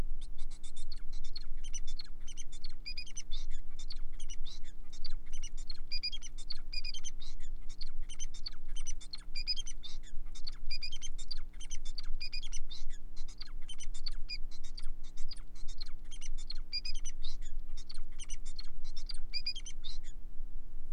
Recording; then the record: song of a male Bengalese finch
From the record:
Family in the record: son of father 4